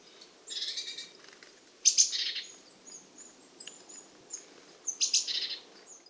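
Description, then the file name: Eurasian blue tit scolding calls: thin high notes running into buzzy churring phrases, three bursts about every one to three seconds, with faint high chips between. "Cyanistes caeruleus"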